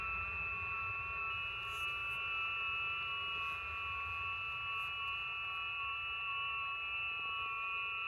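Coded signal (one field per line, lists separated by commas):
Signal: FT8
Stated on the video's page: FT8 via QO-100 satellite from a mobile car station: 80cm dish on azimuth rotor, transverter, ICOM IC-9700 and laptop; includes a very weak signal.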